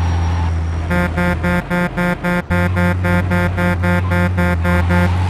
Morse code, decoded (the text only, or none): none